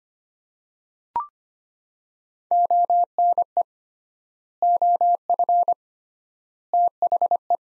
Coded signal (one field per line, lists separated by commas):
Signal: Morse code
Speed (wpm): 25 wpm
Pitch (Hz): 700 Hz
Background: none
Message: ONE OF THE